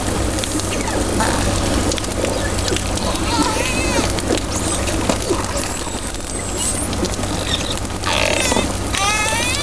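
Dolphin whistles, several short rising and wavy whistles with harmonics, strongest near the end, against continuous underwater hiss, clicks and low droning hum.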